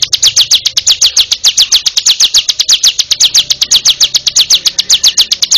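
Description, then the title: Bar-winged prinia singing an unbroken, rapid run of piercing high down-slurred notes. "Suara Burung Ciblek"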